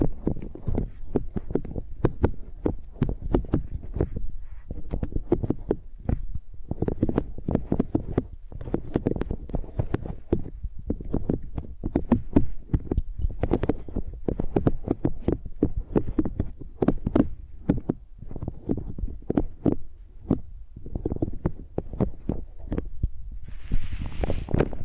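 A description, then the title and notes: Microphones are rubbed and dragged like pencils, making a dense, nonstop run of soft thumps and scratchy strokes with a heavy, muffled low end. The strokes come quickly and irregularly throughout, and a brief airy hiss rises near the end. ASMR Using Mics as Pencils (No Talking).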